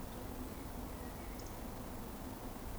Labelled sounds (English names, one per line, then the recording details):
Eurasian Woodcock whistle
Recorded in Baden-Württemberg, Germany, on 25 June 2020 at 19:47 UTC
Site 14569, 102 m above sea level